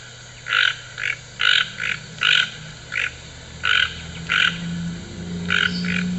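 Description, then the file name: Toucan giving croaking calls, short harsh rasping notes often in quick pairs, over a low continuous hum. "Canto do Tucano"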